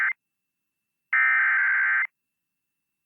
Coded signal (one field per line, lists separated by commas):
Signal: Emergency Alert System (SAME) tones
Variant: header bursts